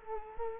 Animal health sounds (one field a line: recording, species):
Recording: mosquito wingbeat signal from an infrared sensor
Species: Culex quinquefasciatus